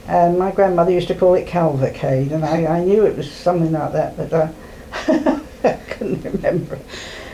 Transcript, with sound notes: And my grandmother used to call it 'Calvacade'. And I knew it was something like that but I [laughs] couldn't remember.